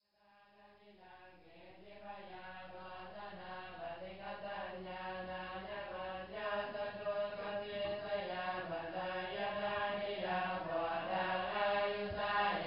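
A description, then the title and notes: A group of monks chants together in evening prayer, their voices rising from silence and steadily growing louder over the first few seconds. The chant holds a low, sustained pitch with slow shifts, dense and even, with a faint low hum underneath. Laos - chanting monks. Chanting monks at evening prayer in Luang Prabang, Laos.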